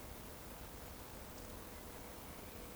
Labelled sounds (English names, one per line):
Eurasian Woodcock whistle